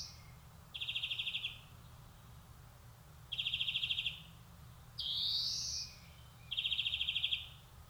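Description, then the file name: European greenfinch singing rapid buzzy trills repeated every few seconds, with one long drawn-out rising wheeze in between. "Chloris chloris"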